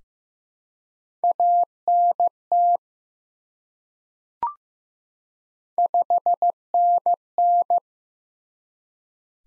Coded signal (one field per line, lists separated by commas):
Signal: Morse code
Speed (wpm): 15 wpm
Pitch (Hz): 700 Hz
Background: none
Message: ANT 5NN